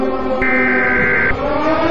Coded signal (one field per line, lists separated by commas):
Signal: Emergency Alert System (SAME) tones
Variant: header bursts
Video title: EAS Scenario - Astroid Impact